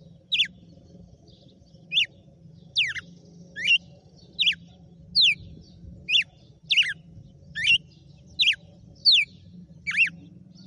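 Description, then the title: Red-cowled cardinal song: a series of many sharp, clear notes sweeping down and up, with a low hum underneath. Female song (track 06); title names the bird Fenrir and says today it was 'açoite'. "Canto Galo Campina Fêmea 06. GALO DE CAMPINA FENRIR - HJ FOI AÇOITE VIU??"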